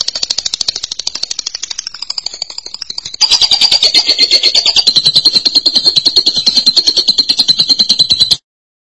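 Lovebird chattering trill: a long, steady stream of fast, high-pitched pulses that grows louder after about three seconds, then cuts off abruptly.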